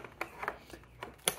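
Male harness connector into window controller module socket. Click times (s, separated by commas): 1.3 s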